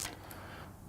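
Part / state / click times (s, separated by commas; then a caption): battery into electrical tester battery compartment / seated / 0.3 s. A battery is loaded against the spring in an electrical tester's battery compartment and pushed until it clicks into place. After a burst of broadband noise at the start, a single short, sharp click lands at 0.3 s over a low, steady background. The battery is seated.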